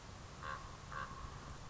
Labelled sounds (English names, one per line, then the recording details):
Common Raven
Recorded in Sonoma County, California